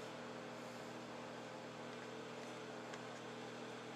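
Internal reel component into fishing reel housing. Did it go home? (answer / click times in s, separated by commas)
no / none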